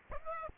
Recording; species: mosquito wingbeat signal from an infrared sensor; Aedes aegypti